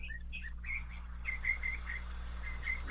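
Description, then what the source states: Northern mockingbird singing varied high whistled phrases, then a note repeated several times, over a steady low hum. Played in a radio bird quiz; mockingbirds are very aggressive, attacking anything seen as a threat, even their own reflection in a hubcap or window.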